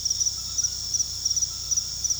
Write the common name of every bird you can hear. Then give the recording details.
none. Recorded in pastures near Puerto Asís, Putumayo, Colombia, on 19 February 2024 at 23:00. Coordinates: 0.486, -76.323. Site G6462